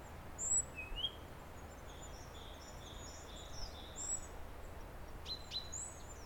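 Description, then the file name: Great tit giving a high note then a rising whistle early on, another high note later, with a soft series of short notes and brief clicks. "Parus major"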